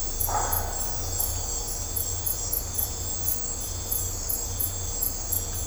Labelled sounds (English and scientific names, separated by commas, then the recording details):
none
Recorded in dense forest near Puerto Asís, Putumayo, Colombia, on 20 December 2024 at 03:30
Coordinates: 0.503, -76.323
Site G043